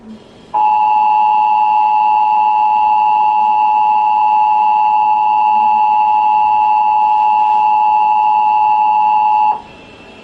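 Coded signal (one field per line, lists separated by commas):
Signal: Emergency Alert System (SAME) tones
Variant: 853 and 960 Hz attention tone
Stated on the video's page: 2021 National EAS test received on a cable system with no voice announcement.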